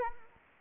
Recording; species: mosquito wingbeat signal from an infrared sensor; Anopheles arabiensis